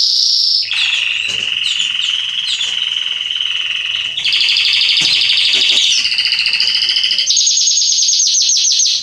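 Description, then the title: Belgian canary song: continuous rolling trills changing tours, low to mid then a fast high chatter near the end. Male Belgian canary singing a lot, used for warming up and training young canaries. "Canary Training 17 Esquente Seu Filhote E Canario Belga Em 30 Minutos Macho Cantando Muito. CANTO DO CANRIO"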